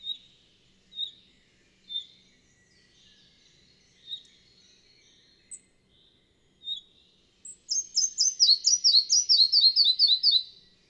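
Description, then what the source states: Red-breasted flycatcher song: several spaced high single notes, then a quick run of paired notes, each dropping in pitch. Bavarian Forest, Germany, 31 May 2015.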